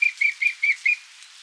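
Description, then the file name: Eurasian blackcap song: a short series of five clear, even notes repeated about five times a second, then quiet. "Sylvia atricapilla"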